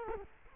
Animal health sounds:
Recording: mosquito wingbeat signal from an infrared sensor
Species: Culex quinquefasciatus

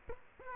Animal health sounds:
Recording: mosquito wingbeat signal from an infrared sensor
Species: Aedes aegypti

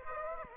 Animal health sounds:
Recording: mosquito wingbeat signal from an infrared sensor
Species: Aedes aegypti

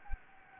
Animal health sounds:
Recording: mosquito wingbeat signal from an infrared sensor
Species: Anopheles gambiae

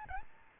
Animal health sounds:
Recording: mosquito wingbeat signal from an infrared sensor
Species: Aedes albopictus

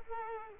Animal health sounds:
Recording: mosquito wingbeat signal from an infrared sensor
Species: Culex pipiens

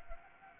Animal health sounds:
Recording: mosquito wingbeat signal from an infrared sensor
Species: Anopheles gambiae

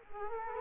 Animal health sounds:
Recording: mosquito wingbeat signal from an infrared sensor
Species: Culex quinquefasciatus

